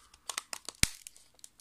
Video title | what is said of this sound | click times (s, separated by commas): Huawei Mobile WiFi Router and Configuration (E5576-606) | and just snaps in once you hear the clicked | 0.8 s